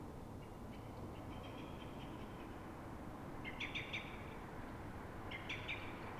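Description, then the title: Common blackbird alarm notes, a faint drawn-out chatter first, then two crisp bursts of quick sharp clicks in the second half, over low ambient rumble. Alarm call of a frightened or threatened bird at dawn in Fuenlabrada, Madrid, Spain, twenty minutes after earlier calls; probably reacting to a second blackbird heard distantly early on; Zoom H1n recorder. "Pl. de Francisco Escolar, 10, 28944 Fuenlabrada, Madrid, España - Mirlo asustado"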